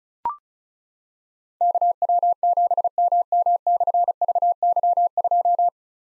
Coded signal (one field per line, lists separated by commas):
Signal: Morse code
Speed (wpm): 35 wpm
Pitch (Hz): 700 Hz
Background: none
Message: KW7MM/VY2